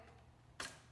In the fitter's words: So you will hear it click into place one more time.